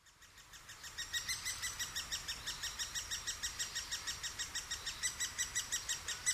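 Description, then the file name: Great spotted woodpecker calling with sharp notes that rise in volume at first, then keep up a regular beat of about three per second. Recorded in Sapporo on 20 June 2011. "akagera sapporo namba"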